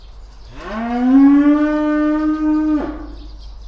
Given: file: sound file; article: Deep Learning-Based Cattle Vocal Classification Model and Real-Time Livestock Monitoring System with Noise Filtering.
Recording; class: cattle; estrus call